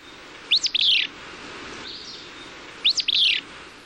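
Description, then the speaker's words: Willow Flycatcher song, a sneezy two-part fitz-bew given twice, about two seconds apart, with quiet background hiss between. Primary song of all willow flycatchers, described as a sneezy fitz-bew; the only vocalization considered positive identification for standard surveys. "often characterized in field guides as a sneezy Fitzbugh, this is the primary song of all willow flycatchers."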